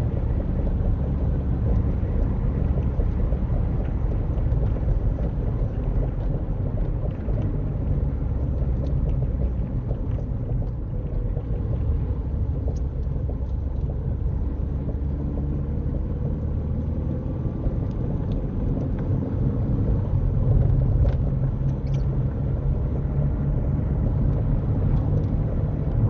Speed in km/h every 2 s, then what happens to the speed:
68, 64, 58, 60, 44, 39, 39, 40, 47, 50, 60, 53, 56.
0-10 slows to 39. 13-26 speeds up to 56.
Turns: none.